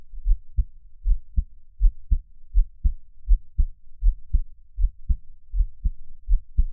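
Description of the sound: Steady paired low thumps, a lub-dub about every 0.75 seconds, giving a heart rate near 80 beats per minute. The rhythm is regular with no talking, a normal adult heartbeat heard close up for ASMR listening.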